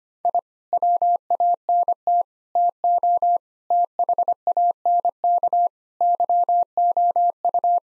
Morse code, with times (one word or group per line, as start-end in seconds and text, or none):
0.2-0.4 I
0.7-2.2 WANT
2.6-3.4 TO
3.7-5.7 THANK
6.0-7.8 YOU